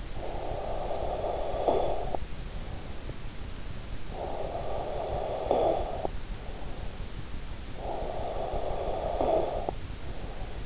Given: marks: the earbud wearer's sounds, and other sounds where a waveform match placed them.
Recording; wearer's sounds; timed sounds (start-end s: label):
sounds in sleep by an in-ear microphone; snoring breath
0.00-3.45 s: snoring breath
3.87-7.06 s: snoring breath
7.60-10.66 s: snoring breath